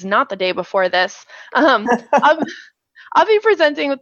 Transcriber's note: laugh